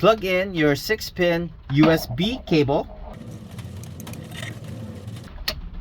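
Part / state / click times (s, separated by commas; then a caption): 6-pin USB cable plug into car stereo / seated / 5.5 s. Someone talks for the first three seconds, then a 6-pin USB cable's plastic connector is pushed into the back of a car stereo unit, with faint handling clicks around 3.6–4.1 s. A loud sharp snap at 5.5 s marks the connector seating in place.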